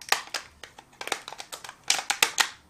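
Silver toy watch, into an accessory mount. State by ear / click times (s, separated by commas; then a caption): not seated / none. A silver plastic toy watch is pushed and wiggled against an accessory holder, producing a series of sharp, bright plastic taps and rattles that grow louder toward the end. The watch's crown part gets in the way, so it never seats properly and nothing clicks into place.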